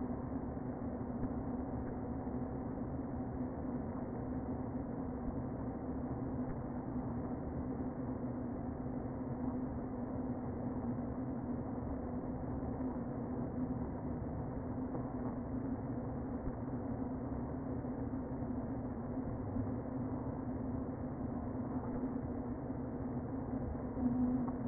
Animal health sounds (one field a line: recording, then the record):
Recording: honeybee colony, microphone inside the hive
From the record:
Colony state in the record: queen present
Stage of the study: before two queens were removed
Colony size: about 60,000 bees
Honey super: yes